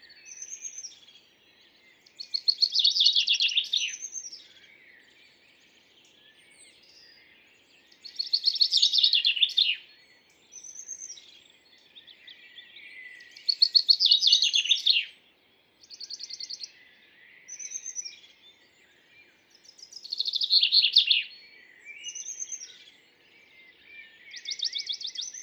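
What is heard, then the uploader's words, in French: A Western Bonelli's warbler sings repeatedly, each song a bright, rapid trill high in pitch, arriving about every six seconds with shorter call notes between. The background is quiet with only faint outdoor hiss. La carrière -Lesches en diois - Mixpr3 - mkh40 - stereo. Un Pouillot de Bonelli.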